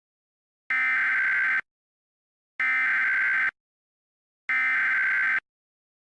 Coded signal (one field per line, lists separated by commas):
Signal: Emergency Alert System (SAME) tones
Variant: header bursts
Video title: Nuclear EAS During My Sources